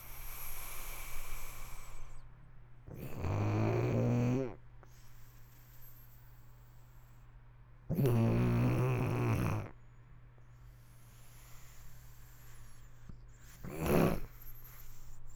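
Snoring from an adult sleeper: three loud, low-pitched, rumbling snores at irregular intervals, separated by quieter stretches of breathing.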